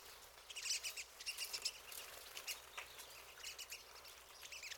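Pine siskin giving rapid high chips and twitters in a continuous stream.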